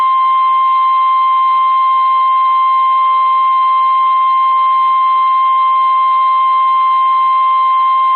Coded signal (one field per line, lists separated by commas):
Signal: Emergency Alert System (SAME) tones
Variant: 1050 Hz attention tone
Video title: Severe Thunderstorm Warning (Cabarrus, Mecklenburg, Rowan Counties, NC) (8/1/25) [EAS #205]